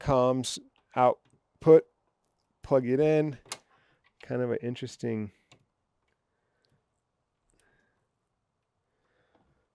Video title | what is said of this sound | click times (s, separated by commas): Wiring an Inverter to a Lithium Battery - Wiring the Ampeak 3000W inverter to a Lithium Battery | yeah so it doesn't exactly click in that well huh | none